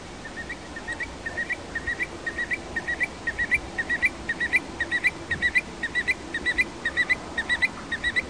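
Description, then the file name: Eurasian stone-curlew calls, a fast steady run of short, rising whistled double notes, about two every second, over a constant background hiss. "Occhione"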